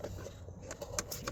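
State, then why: Not seated. Two airbag wiring connectors are handled at the airbag module of a 2011 BMW 528i during a spiral cable (clock spring) replacement, done because the horn doesn't work and the SRS airbag light is on. Soft handling noise is heard, with two brief sharp taps near 1.0 s and 1.3 s. Nothing has seated or clicked yet.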